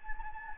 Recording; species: mosquito wingbeat signal from an infrared sensor; Anopheles gambiae